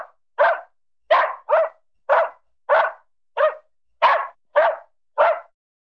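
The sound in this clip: Small dog barking: ten short, sharp yaps in an uneven string over about five seconds, then silence.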